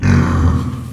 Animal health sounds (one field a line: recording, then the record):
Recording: squeal of a Yucatan mini pig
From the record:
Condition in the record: after surgery on the right vocal fold (resection and tissue-engineered implant)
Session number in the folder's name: 15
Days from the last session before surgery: 175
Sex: female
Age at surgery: 19 weeks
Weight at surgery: 25 kg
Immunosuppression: prednisolone